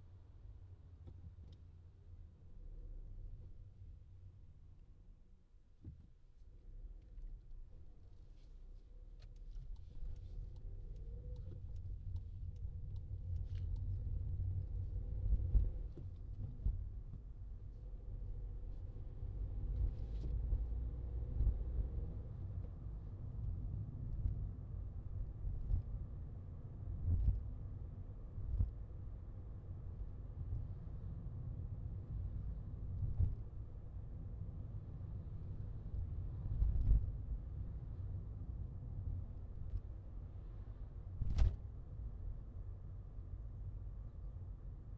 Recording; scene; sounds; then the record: everyday scene through a hearing-aid microphone; in a vehicle; engine, highway traffic jam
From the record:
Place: Skoda Fabia, gasoline engine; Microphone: in the ear canal, left